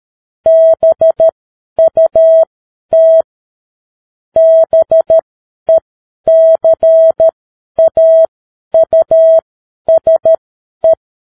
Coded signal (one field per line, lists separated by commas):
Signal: Morse code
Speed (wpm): 13 wpm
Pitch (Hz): 650 Hz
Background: none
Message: BUT BECAUSE